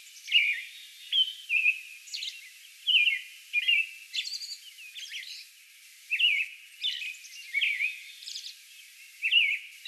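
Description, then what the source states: American robin singing cheery, warbled phrases in small clusters, with a quieter stretch around the middle before the whistles resume. Song bout recorded on May 11.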